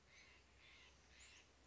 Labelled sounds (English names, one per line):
Steller's Jay